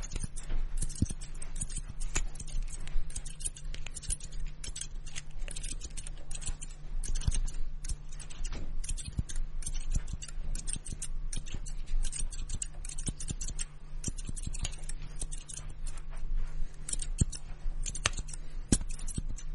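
Scissors and combs simulate a haircut, with dense, rapid snipping and scratchy crackles running the whole twenty seconds. Sharp clicks and snaps land irregularly, several per second, over a steady low hum that never changes.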